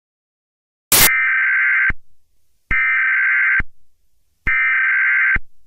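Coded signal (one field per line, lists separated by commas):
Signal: Emergency Alert System (SAME) tones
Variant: header bursts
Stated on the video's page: Fictional EAS scenario; simulated alert.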